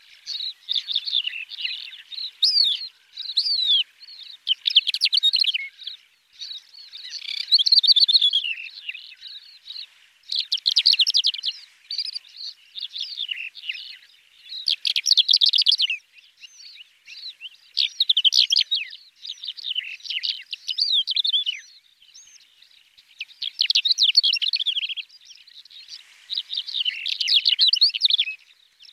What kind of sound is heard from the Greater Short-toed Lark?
song